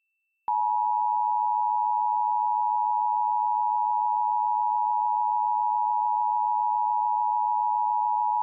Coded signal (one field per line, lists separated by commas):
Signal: Emergency Alert System (SAME) tones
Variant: 853 and 960 Hz attention tone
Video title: Pennsylvania Required Monthly Tests (11/18/21)(EAS 986-991)